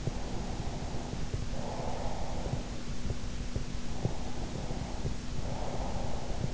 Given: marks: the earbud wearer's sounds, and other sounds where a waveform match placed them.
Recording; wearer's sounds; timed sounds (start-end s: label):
sounds in sleep by an in-ear microphone; breath
0.22-2.58 s: breath
4.27-6.54 s: breath